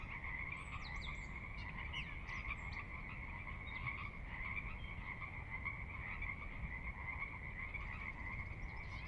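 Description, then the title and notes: Pacific Chorus Frogs in full chorus, an even, droning mass of croaks holding steady throughout, a few thin higher calls, and low rushing water noise. Recorded at midnight on the valley floor of Sinlahekin Valley, Sinlahekin Wildlife Area, Washington, glacier-dug trench near the Cascades' northeastern slope; distant water spillage in background; unprocessed raw recording. "Sinlahekin Valley midnight. the ever-present Pacific Chorus Frogs that are a fixture of the Northwest Soundscape"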